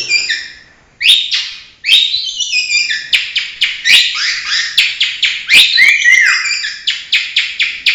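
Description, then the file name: Long-tailed shrike singing a dense, jumbled run of chirps, trills and slurred whistles, with a clear downslurred whistle near the end among scratchy notes. Banyuwangi; tutor recording (masteran) for training birds, full 'isian' song style. "cendet banyuwangi"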